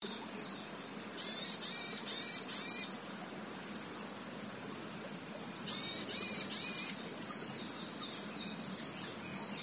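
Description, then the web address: Kaempfer's cicada song: a steady, unbroken high-pitched hiss throughout, with two short bursts of chirping in the background. Japanese name niiniizemi; dated 16 July 2014. "birdenaga niiniizemi"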